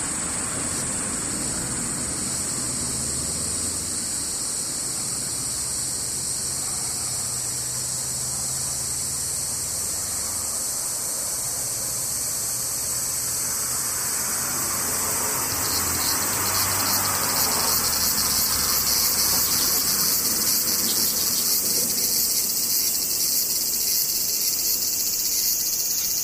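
Cicadas keep up a dense, steady, high-pitched buzz through the whole clip. After about fifteen seconds the chorus grows louder and takes on a rapid pulsing edge. A low, faint rumble like a passing vehicle sits underneath in the first half.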